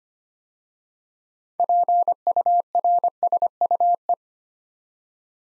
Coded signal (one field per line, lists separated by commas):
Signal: Morse code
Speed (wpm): 25 wpm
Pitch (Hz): 700 Hz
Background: none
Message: PURSUE